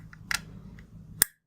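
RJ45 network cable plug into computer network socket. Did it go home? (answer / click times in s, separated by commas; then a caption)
yes / 1.2 s. An intact RJ45 plastic network cable plug with a working latch tab is pushed into a computer network socket. Faint scraping and a soft tick at 0.3 s lead to a sharp, bright click at 1.2 s, followed by silence. The plug is seated and fastened in the socket.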